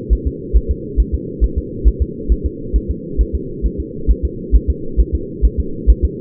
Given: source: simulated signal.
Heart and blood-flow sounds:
fetal heart sounds
0.13 s: S1
0.27 s: S2
0.57 s: S1
0.71 s: S2
1.00 s: S1
1.14 s: S2
1.44 s: S1
1.58 s: S2
1.88 s: S1
2.02 s: S2
2.32 s: S1
2.46 s: S2
2.76 s: S1
2.91 s: S2
3.21 s: S1
3.35 s: S2
3.66 s: S1
3.80 s: S2
4.11 s: S1
4.25 s: S2
4.56 s: S1
4.70 s: S2
5.00 s: S1
5.15 s: S2
5.45 s: S1
5.60 s: S2
5.90 s: S1
6.05 s: S2
From the record:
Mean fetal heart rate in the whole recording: 135 bpm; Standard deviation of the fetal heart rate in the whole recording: 3 bpm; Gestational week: 34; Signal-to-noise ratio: -4.3 dB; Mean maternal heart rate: 72 bpm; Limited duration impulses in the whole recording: absent

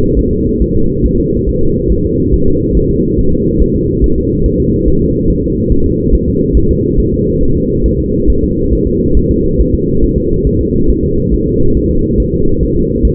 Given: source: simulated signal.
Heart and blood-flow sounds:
fetal heart sounds
0.19 s: S1
0.33 s: S2
0.62 s: S1
0.76 s: S2
1.06 s: S1
1.20 s: S2
1.49 s: S1
1.63 s: S2
1.92 s: S1
2.06 s: S2
2.34 s: S1
2.48 s: S2
2.77 s: S1
2.91 s: S2
3.19 s: S1
3.33 s: S2
3.62 s: S1
3.76 s: S2
4.04 s: S1
4.18 s: S2
4.46 s: S1
4.60 s: S2
4.88 s: S1
5.02 s: S2
5.30 s: S1
5.44 s: S2
5.72 s: S1
5.86 s: S2
6.15 s: S1
6.28 s: S2
6.57 s: S1
6.71 s: S2
7.00 s: S1
7.13 s: S2
7.43 s: S1
7.57 s: S2
7.86 s: S1
8.00 s: S2
8.30 s: S1
8.44 s: S2
8.73 s: S1
8.87 s: S2
9.17 s: S1
9.31 s: S2
9.60 s: S1
9.74 s: S2
10.04 s: S1
10.18 s: S2
10.47 s: S1
10.61 s: S2
10.90 s: S1
11.04 s: S2
11.34 s: S1
11.48 s: S2
11.77 s: S1
11.91 s: S2
12.20 s: S1
12.34 s: S2
12.63 s: S1
12.77 s: S2
13.05 s: S1
From the record:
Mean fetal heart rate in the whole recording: 140 bpm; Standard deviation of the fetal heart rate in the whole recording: 2 bpm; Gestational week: 34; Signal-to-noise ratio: -16.4 dB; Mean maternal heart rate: 72 bpm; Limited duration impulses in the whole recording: present

